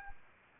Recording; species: mosquito wingbeat signal from an infrared sensor; Anopheles arabiensis